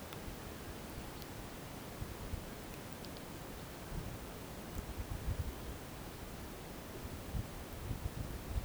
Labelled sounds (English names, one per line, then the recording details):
none
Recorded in pastures near Puerto Asís, Putumayo, Colombia, on 21 March 2025 at 11:30
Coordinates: 0.486, -76.323
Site G075